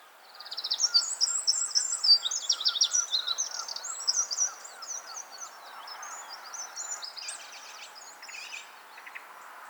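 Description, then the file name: Eurasian wren song: a fast, high, tumbling stream of sharp notes and trills lasting several seconds, over a softer, lower bird repeating short notes. "Troglodytes troglodytes"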